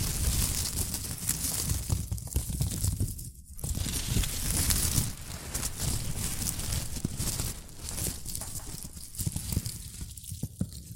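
Shredded tissue and packing peanuts rustle and crinkle without pause, a dense bed of dry crackling from low thumps up to bright hiss. Brief lulls fall near 3.5 and 10 seconds, and sharper crinkle bursts flare now and then through the rest.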